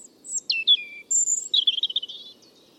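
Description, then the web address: European robin song: a short phrase of thin, high whistles sliding downward, then a bright, jumbled twittering trill. "Deverinetal 2025 File origin Bird Only Er Ru"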